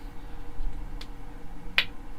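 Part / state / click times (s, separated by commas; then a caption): sanding pad into magnetic bearing holder / seated / 1.8 s. A sanding pad is reseated into a holder fitted with a bearing and a rare earth magnet. A faint tap at about 1.0 s is followed by a sharp click at 1.8 s as the magnet pulls the pad in. The pad is seated.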